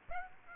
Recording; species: mosquito wingbeat signal from an infrared sensor; Aedes aegypti